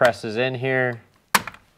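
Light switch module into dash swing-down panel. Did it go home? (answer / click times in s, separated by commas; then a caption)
yes / 1.3 s. On a 2023 Bronco, a light switch module is pressed back into the plastic swing-down dash panel while someone talks. A sharp snap at 1.4 s, followed by two faint ticks, marks the switch locking into place in the panel.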